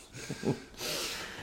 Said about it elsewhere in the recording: Stop snoring over there. Got my cousin laying over there just snoring away, having good dreams.